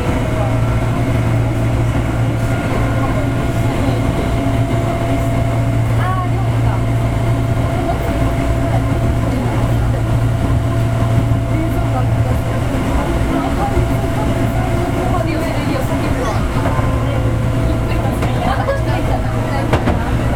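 Running sound of a commuter train heard from inside: a dense, steady low rumble with a constant droning motor hum and a thin whine above it. Small rattles and clicks pass through, and the hum briefly shifts near the middle before settling again.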